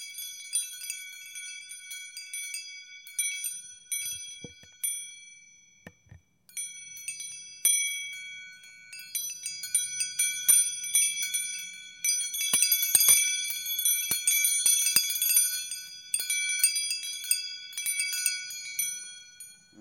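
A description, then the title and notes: Wind chimes ring almost continuously, bright metallic tones overlapping and sustaining in layered, shimmering clusters. Soft stretches give way to busier bursts of striking around twelve to sixteen seconds, when the chimes clatter densely. Occasional low taps and faint rustling sit beneath. Zen Garden Serenity: Wind Chimes and Nature Sounds.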